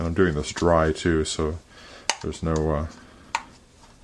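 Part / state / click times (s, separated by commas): ice sphere mold halves snapping together / seated / 3.4 s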